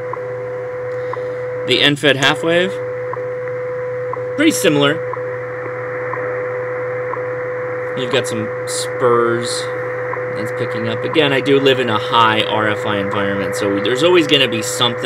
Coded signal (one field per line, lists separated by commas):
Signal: radio time signal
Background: speech